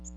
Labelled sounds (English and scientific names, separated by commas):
Magnolia Warbler (Setophaga magnolia) flight call